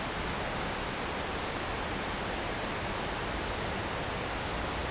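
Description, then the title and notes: High, steady cicada buzz carrying on without pause, over a rush of flowing water. Cicadas very active in trees on a hot day, slopes of the Grand Colombier above Culoz, France, near the Jourdan river. "Chem. de Romagnieux, 01350 Culoz, France - Rivière et cigales. Sur les pentes du Grand Colombier au dessus de Culoz , par cette chaude journée les cigales sont très actives dans les arbres près du Jourdan"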